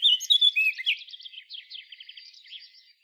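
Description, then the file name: Eurasian blackcap warbling: loud scratchy and whistled notes at first, then a fast, softer twittering run that fades away. "Sylvia atricapilla"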